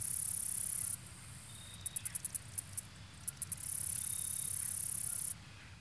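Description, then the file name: Insects buzzing in a high, steady hiss for about a second, then a string of separate clicking pulses, then a further long buzz before stopping; faint low rumble beneath. Insects in a marsh near the shore of a small lake. "kevin boucher nature insects marsh near shore small lake"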